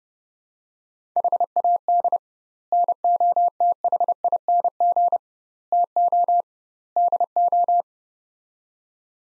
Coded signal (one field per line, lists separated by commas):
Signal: Morse code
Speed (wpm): 30 wpm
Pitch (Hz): 700 Hz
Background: none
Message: HAD NOTHING TO DO